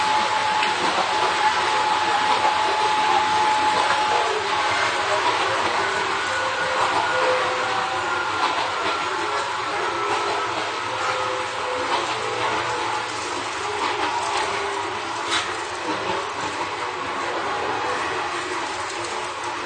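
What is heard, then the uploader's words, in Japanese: An Izuhakone Railway 3000 series steel train runs between Shuzenji and Mishima, its rolling noise a steady, dense roar with a bright hiss on top. A faint whine holds through the first few seconds, and scattered clicks and knocks appear, with a sharper one around fifteen seconds. 伊豆箱根鉄道3000系(鋼製車) 修善寺〜三島。車体は20ｍ級3扉車。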